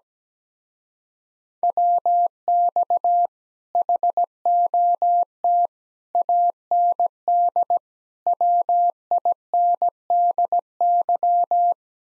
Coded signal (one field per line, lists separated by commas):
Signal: Morse code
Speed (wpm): 17 wpm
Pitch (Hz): 700 Hz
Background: none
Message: WX HOT AND WINDY